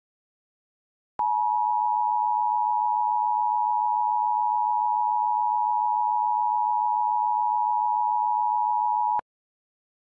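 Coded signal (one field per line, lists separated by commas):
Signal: Emergency Alert System (SAME) tones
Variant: 853 and 960 Hz attention tone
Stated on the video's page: Fictional EAS scenario.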